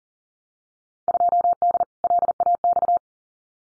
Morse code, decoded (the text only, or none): 2D LAX